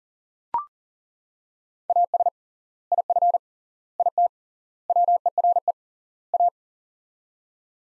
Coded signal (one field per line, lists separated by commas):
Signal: Morse code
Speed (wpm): 40 wpm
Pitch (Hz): 700 Hz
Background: none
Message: AS IF IT WERE A